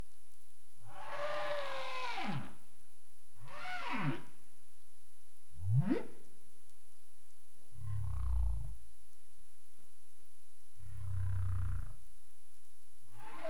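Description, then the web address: Humpback whale calls in sequence: two harmonic downsweeps, a sharp rising whoop, then two low grunting pulses, spaced a few seconds apart. Recorded 27 April 2035 at 21:53:31 UTC. "CARIMAM. humpback whale 20350427 215331 UTC"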